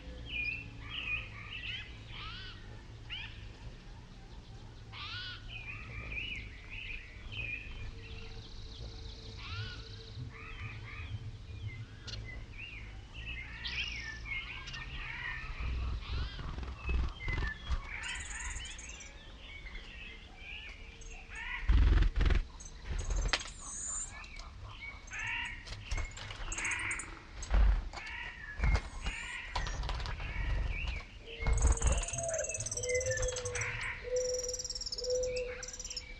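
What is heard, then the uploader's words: Birdsong fills the air at Pipestone Canyon in Eastern Washington, with steady chirps and trills throughout and a few high, thin calls. A low rumble sits underneath, and after the midpoint several loud thumps and rustling bursts break in. This week’s episode of Sound Escapes takes us to Pipestone Canyon in Eastern Washington, where you can hear a ridgetop wind come from a mile away.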